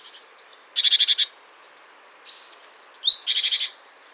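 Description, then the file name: Great tit harsh chattering churrs, two rapid buzzy rattles separated by a pause, with a brief thin whistled note just before the second burst. "Parus major"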